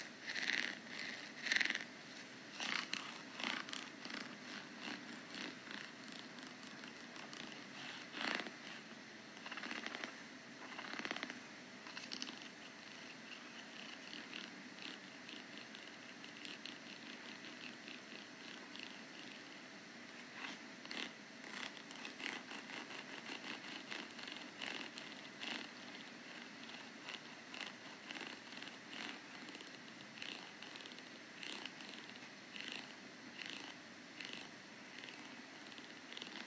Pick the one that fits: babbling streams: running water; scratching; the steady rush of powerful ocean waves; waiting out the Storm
scratching